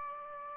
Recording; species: mosquito wingbeat signal from an infrared sensor; Aedes aegypti